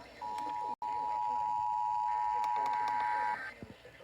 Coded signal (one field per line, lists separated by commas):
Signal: Emergency Alert System (SAME) tones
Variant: 853 and 960 Hz attention tone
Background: speech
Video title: EAS Completion #26 EAS Alerts From June 9 2026 EAS 737-754